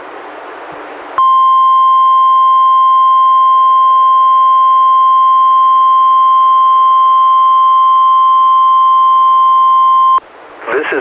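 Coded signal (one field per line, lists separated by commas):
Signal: Emergency Alert System (SAME) tones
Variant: 1050 Hz attention tone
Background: speech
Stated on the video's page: Real NOAA Weather Radio required weekly tests from NWS Portland via the Astoria transmitter, received on a Reecom R-1630 weather radio, recorded with a Zoom H1.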